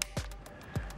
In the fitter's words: hear it click alright